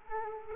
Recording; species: mosquito wingbeat signal from an infrared sensor; Culex quinquefasciatus